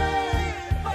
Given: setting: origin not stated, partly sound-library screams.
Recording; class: one-second piece from a danger detection set; normal situation